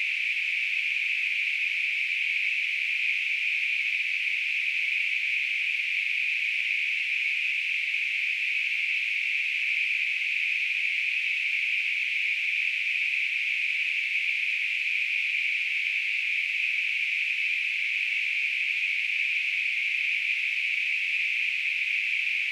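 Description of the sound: A steady, high-pitched hissing tone runs unchanged throughout at constant loudness, with no other sounds. It is a simulation of tinnitus, the ringing or hissing heard in the ears without any outside source.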